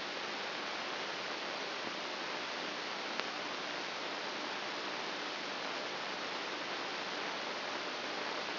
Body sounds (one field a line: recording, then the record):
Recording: brain microelectrode recording played as sound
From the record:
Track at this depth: outside the subthalamic nucleus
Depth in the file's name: 0.842 mm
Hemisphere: left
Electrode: 2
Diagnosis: Parkinson's disease